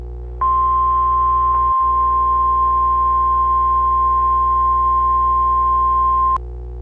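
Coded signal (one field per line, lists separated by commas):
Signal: Emergency Alert System (SAME) tones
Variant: 1050 Hz attention tone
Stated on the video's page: Recreation of a tornado update alert for San Angelo, Texas.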